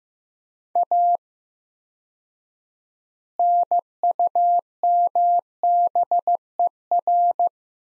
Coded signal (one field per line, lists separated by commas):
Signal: Morse code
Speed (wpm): 15 wpm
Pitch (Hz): 700 Hz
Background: none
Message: A NUMBER